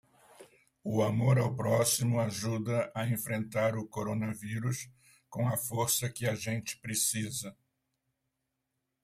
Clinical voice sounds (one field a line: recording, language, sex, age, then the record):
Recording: spoken sentence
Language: Brazilian Portuguese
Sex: male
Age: 70 to 79 years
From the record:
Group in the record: control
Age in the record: 72 years